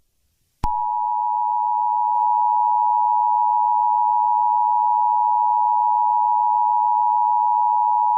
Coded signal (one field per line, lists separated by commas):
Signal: Emergency Alert System (SAME) tones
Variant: 853 and 960 Hz attention tone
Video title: EAS Scenario: SCP-666(Full series/Season 1)